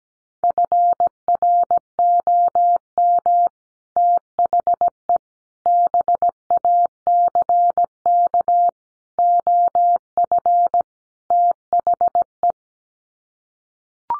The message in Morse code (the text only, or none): FROM THE BACK OF THE